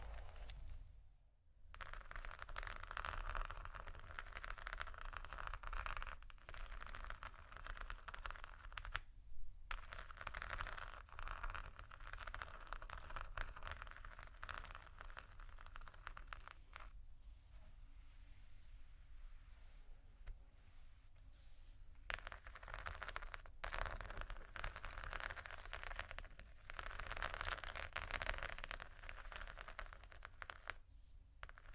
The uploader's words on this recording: Slow, Deep & Soft Scratching (No Talking).